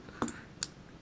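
A new coin cell battery is pressed into the plastic battery holder of a Mazda key fob. Two light clicks at about 0.2 s and 0.3 s come before a sharp, bright click at 0.6 s as the battery seats and stays snug in the holder.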